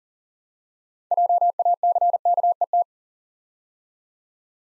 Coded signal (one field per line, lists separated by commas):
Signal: Morse code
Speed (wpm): 42 wpm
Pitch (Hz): 700 Hz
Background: none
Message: JACKET